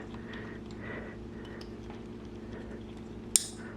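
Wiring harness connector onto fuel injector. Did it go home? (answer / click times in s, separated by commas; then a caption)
yes / 3.4 s. A wiring harness connector is lined up and pushed onto the secondary fuel injector on cylinder two of a 2014 GSXR 750 during a harness install. Over a low steady background hum with a few faint ticks, one sharp, bright snap sounds at 3.4 s. The connector is confirmed seated, snapping home on the injector.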